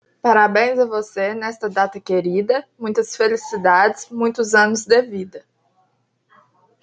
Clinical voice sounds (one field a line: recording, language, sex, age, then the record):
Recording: short text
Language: Brazilian Portuguese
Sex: female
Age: 20 to 29 years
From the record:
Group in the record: control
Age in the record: 23 years